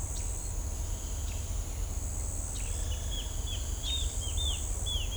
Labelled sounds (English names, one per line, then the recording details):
Pale-tipped Inezia
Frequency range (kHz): Pale-tipped Inezia 2.3-3.8 kHz
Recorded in shrubland near Pivijay, Magdalena, Colombia, on 3 June 2023 at 07:30
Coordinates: 10.453, -74.365
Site P5-G022